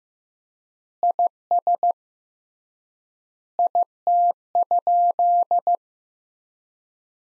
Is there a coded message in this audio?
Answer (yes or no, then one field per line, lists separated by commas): yes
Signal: Morse code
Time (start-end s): 1.0-5.8 s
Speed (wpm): 15 wpm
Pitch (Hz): 700 Hz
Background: none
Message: IS IT?